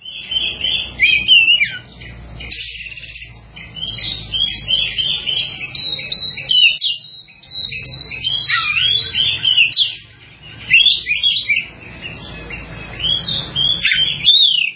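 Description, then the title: Java sparrow singing steadily: rapid high chirps, clicks and down-slurred whistles in rhythmic phrases with short gaps, low hum underneath. "kicau gelatik"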